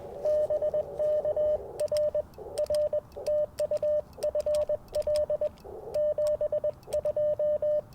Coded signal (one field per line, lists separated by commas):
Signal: Morse code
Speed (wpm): 19 wpm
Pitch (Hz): 590 Hz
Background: radio noise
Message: BK R R TU FL 72